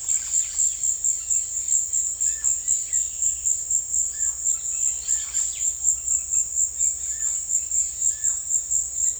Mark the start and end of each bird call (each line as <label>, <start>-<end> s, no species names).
bird call, 0.00-3.47 s
bird call, 4.11-5.74 s
bird call, 7.06-7.43 s
bird call, 8.05-8.45 s